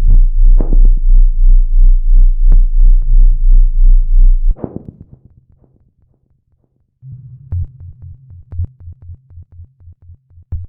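A cosmonaut's heartbeat: fast, regular low thumping beats over a steady hum, fading to silence, then resuming more sparsely.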